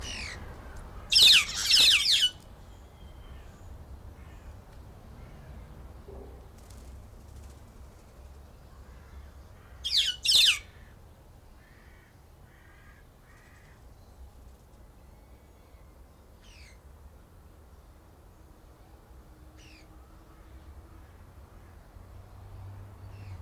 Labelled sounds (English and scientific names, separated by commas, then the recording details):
White-headed Buffalo-Weaver (Dinemellia dinemelli)
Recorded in captivity
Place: Zoo Berlin, Berlin, DE
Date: 1992-10-24 12:16
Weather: bedeckt, 4-6°C
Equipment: Marantz CP 430, Sennheiser ME 80, Kopie Tesla B 116
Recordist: Tembrock, Günter
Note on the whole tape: 3 Exemplare, Lautfolgen, Abstand 2 m (sehr gute Aufnahme)